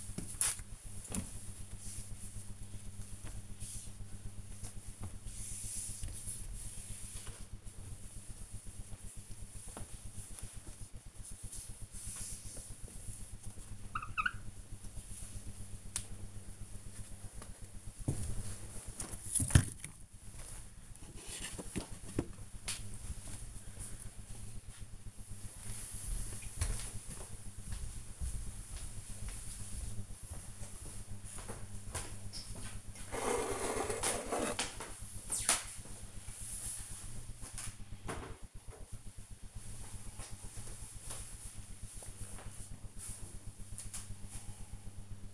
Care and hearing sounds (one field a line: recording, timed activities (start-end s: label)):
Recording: household activities, microphone on the right wrist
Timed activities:
0.00-18.12 s: window cleaning
33.24-45.34 s: drinking